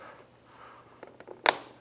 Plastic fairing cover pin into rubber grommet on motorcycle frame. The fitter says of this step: Satisfying little click,